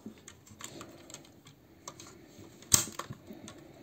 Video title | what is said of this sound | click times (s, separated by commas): Moon Studio Radiatron Review | this is going to lock in | 2.7 s